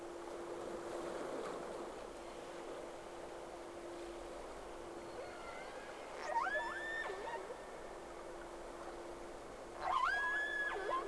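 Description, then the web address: Whale calls: two bursts of rising and falling tonal whistles with bright harmonics, several seconds apart, over a steady low hum. Two whales on 3 October 2006 around 11:30, round 1. "Sea Snake 10-3-06 Whales X 2 11-30 Round 1"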